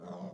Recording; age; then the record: pig call; piglet (1 to 25 days)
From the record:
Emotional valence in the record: negative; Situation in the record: long isolation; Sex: male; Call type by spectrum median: low-frequency call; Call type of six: low-frequency stable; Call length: 0.34 s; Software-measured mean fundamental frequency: 81 Hz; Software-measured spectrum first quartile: 188 Hz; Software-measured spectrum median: 378 Hz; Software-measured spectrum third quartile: 671 Hz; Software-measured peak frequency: 187 Hz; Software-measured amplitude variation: 117 dB a second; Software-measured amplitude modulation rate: 22.0 a second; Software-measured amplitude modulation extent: 5.3 dB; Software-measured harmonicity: 3.0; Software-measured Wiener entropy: -0.04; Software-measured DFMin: 1570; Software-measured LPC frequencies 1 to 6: 556, 3477, 4964, 6134, 6977, 9454 Hz